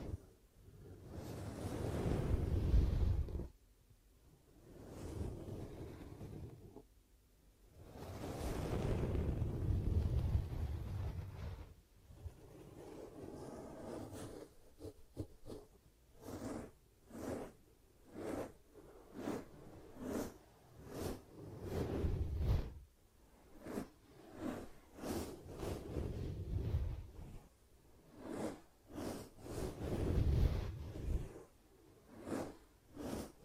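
Ear cupping sounds: long muffled whooshing swells for the first half, then quicker, shorter rubbing pulses in a steady rhythm until the end.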